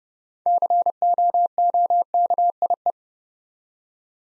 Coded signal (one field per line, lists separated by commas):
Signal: Morse code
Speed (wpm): 30 wpm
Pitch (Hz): 700 Hz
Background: none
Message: COOKIE